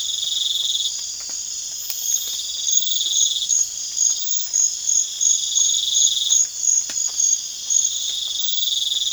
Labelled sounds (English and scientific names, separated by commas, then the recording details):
none
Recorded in pastures near Puerto Asís, Putumayo, Colombia, on 25 June 2025 at 03:30
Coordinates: 0.502, -76.324
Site G010